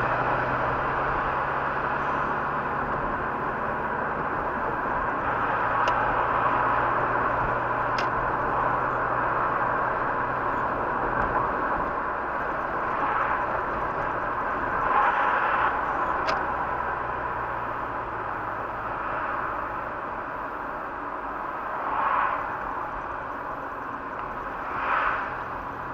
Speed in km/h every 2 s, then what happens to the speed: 42, 47, 49, 51, 53, 53, 53, 43, 38, 34, 32, 29, 28.
0-7 speeds up to 53. 7-12 steady at about 53. 12-26 slows to 28.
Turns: none.